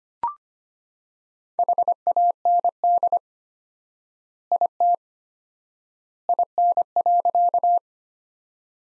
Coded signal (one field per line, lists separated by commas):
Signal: Morse code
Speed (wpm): 25 wpm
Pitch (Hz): 700 Hz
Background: none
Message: HAND IT IN.